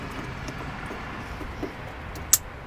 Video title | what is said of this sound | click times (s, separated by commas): Jeep Gladiator 115v Bed Outlet Install | push that in until it snaps and then lock it down | 2.3 s